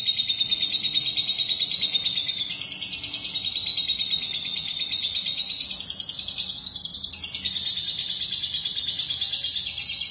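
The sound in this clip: Lovebird chattering song: a continuous, rapid, high-pitched buzzy twittering with pulsed texture, running unbroken for the whole ten seconds with small swells in loudness.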